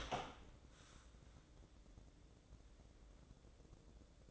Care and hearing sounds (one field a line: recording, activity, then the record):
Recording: daily activity, microphone in the room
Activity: open door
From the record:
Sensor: 3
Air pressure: 1012.4 hPa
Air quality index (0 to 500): 182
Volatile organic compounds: 3 ppm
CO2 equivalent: 1389 ppm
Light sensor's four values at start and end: 428/1059/434/435 and 432/1069/438/440